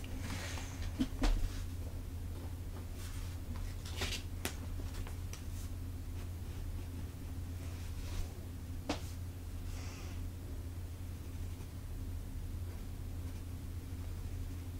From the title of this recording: Sketching Sounds, Measuring, Whispered